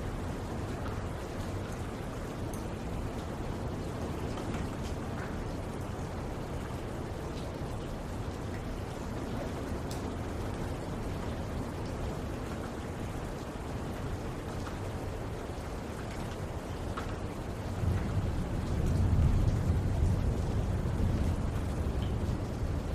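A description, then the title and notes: Rain falls in a steady, dense hiss throughout, with faint scattered ticks of drops across the top. A low rumble builds from about eighteen seconds and grows louder toward the end, thickening the bottom of the sound. Soothing Rain Sounds.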